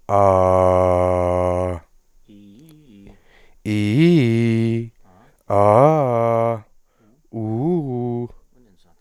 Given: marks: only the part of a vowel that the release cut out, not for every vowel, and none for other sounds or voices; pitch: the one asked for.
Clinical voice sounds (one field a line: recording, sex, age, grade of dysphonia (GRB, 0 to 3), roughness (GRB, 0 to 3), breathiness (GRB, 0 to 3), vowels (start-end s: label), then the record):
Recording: sustained vowels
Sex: male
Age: 20 to 29 years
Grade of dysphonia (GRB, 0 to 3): 0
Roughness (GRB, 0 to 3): 0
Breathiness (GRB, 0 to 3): 0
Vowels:
0.30-1.68 s: vowel /a/, low pitch
3.70-4.75 s: vowel /i/, low-high-low pitch
5.54-6.49 s: vowel /a/, low-high-low pitch
7.38-8.21 s: vowel /u/, low-high-low pitch
From the record:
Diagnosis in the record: healthy voice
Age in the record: 27 years